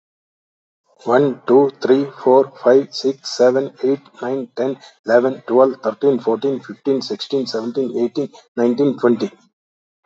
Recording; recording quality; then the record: counting at a fast pace; excellent, no background noise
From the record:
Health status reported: healthy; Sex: male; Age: 64 years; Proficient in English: yes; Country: India